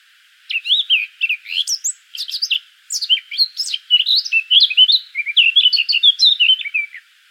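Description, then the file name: Eurasian blackcap song, a sustained, rich warble of clear whistles interspersed with sharp chips, flowing for about seven seconds. "Sylvia atricapilla"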